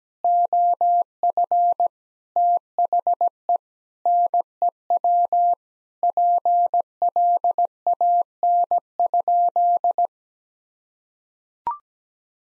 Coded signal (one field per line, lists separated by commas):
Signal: Morse code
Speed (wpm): 17 wpm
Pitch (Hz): 700 Hz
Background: none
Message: OF THE NEW PLAN?